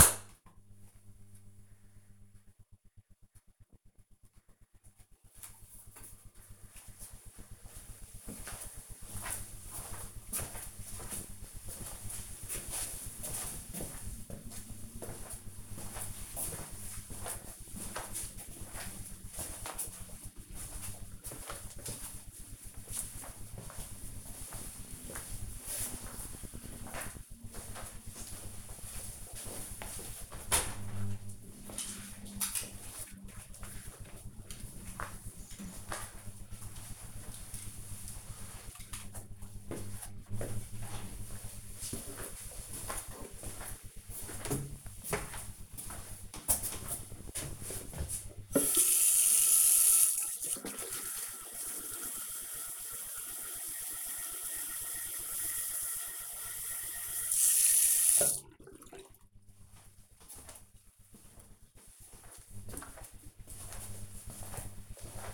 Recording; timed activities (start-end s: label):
household activities, microphone on the right wrist
48.33-65.33 s: watering plant